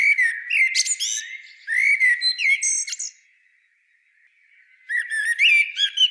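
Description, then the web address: Common blackbird singing two mellow fluted phrases that end in thin, scratchy twitters, a pause, then a third phrase begins. "SETE Turdus merula"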